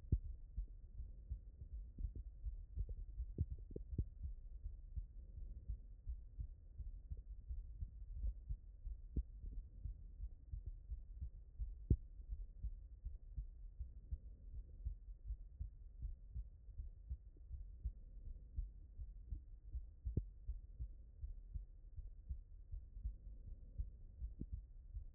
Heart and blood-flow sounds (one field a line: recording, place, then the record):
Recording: heart sounds by stethoscope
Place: tricuspid valve (TV)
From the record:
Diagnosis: non-HFrEF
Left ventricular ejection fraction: 60%